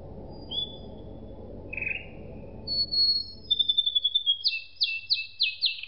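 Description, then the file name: Canary song: scattered high whistled notes over a low background rumble, then a run of sharp repeated chirps. "suara kenari makige"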